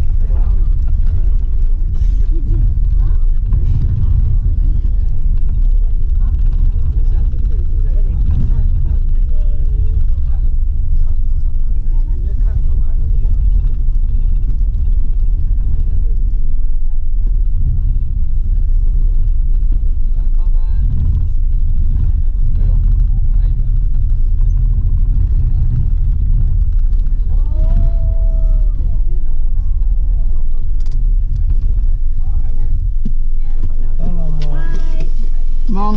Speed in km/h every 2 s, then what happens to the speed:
8, 9, 8, 8, 7, 8, 9, 8, 7, 6, 6, 8, 10, 11, 10, 7, 4, 2.
0-27 steady at about 8. 27-36 slows to 2.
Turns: 10-13.